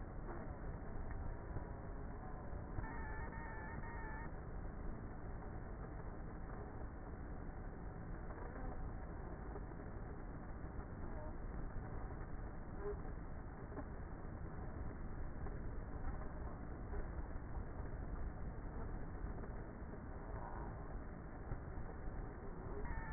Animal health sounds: honeybee colony, microphone inside the hive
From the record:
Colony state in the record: queenless with a low population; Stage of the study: before two queens were removed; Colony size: about 30,000 bees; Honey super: no

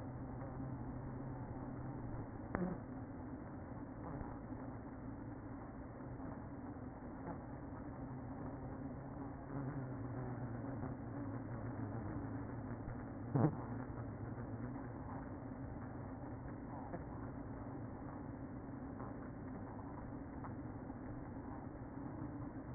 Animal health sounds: honeybee colony, microphone inside the hive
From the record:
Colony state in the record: queen present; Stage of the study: after two queens were removed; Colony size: about 60,000 bees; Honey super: yes

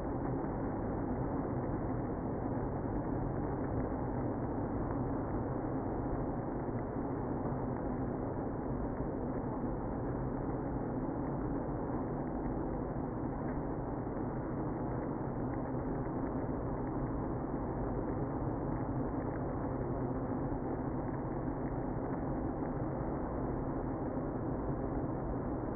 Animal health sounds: honeybee colony, microphone inside the hive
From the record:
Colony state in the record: queenless (queen removed); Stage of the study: after two queens were removed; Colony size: about 60,000 bees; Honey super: yes

